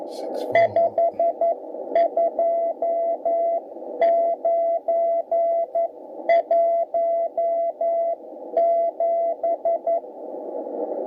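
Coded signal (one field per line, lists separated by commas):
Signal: Morse code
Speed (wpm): 9 wpm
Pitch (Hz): 680 Hz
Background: radio noise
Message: 52917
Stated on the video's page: CW on the 80 m band, 3.500–3.800 MHz, received on a Tecsun S2200-x with end-fed antenna and internal loop.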